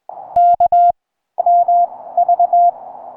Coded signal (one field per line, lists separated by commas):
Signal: Morse code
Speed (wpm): 20 wpm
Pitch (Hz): 690 Hz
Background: none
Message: K M V